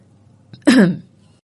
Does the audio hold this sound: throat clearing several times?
yes